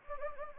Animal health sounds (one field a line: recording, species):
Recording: mosquito wingbeat signal from an infrared sensor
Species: Anopheles gambiae